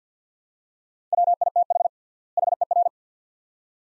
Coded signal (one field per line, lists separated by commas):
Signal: Morse code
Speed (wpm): 45 wpm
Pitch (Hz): 700 Hz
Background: none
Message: WITH HER